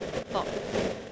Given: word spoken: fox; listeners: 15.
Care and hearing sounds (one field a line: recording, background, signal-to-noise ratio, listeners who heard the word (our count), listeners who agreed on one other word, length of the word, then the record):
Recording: one English word in noise, from a listening test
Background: noise modulated by three-talker babble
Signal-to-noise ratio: -6.1 dB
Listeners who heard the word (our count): 6 of 15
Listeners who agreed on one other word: 7 of 15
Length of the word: 0.72 s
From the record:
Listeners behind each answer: 7, 6, 1, 1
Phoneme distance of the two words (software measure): 10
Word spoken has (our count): 1 syllable, 4 phonemes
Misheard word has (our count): 1 syllable, 4 phonemes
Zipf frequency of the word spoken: 4.46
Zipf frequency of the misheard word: 5.12